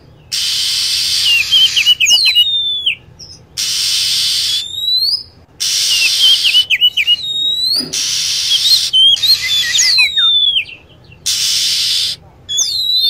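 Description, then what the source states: Lovebird high chirps falling in pitch, some in rapid runs, interleaved with repeated long bursts of loud hiss. Lure sound played to attract lovebirds.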